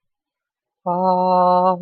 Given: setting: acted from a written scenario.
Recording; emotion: vocal sound without words; serenity